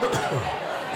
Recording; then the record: coughing mixed with background sound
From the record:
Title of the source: Mid-morning Winter Coughing Fit